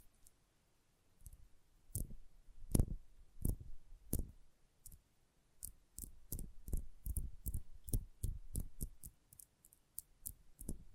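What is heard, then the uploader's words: Soft, sensitive tapping in short, crisp strikes, each with a dull low thump and a bright click on top. The taps start sparse and uneven, then after about five seconds come steadily, roughly twice a second, over a quiet background. Sensitive Tapping.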